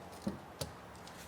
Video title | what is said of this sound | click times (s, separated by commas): How to LS Swap - Episode 9 - Exhaust Headers and Ignition Coils | There's the little click. | 0.6 s